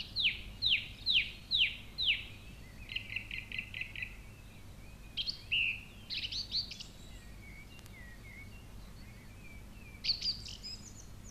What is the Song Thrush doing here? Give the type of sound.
song